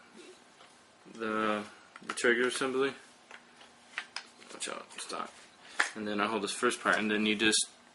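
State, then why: Not seated. While reassembling a field-stripped SKS rifle, someone talks and handles the trigger assembly, positioning it to push up into the stock/receiver, with a few light handling taps around 3.3 to 4.2 seconds. Nothing has seated or clicked yet; the trigger assembly has not snapped into place by the end of the clip.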